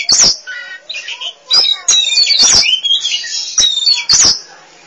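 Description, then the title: Oriental magpie-robin singing loud, high whistles and rich warbled notes in short bursts, with several sharp clicking snaps between phrases. Kacer song. "Suara Kicauan Burung Kacer Durasi Panjang"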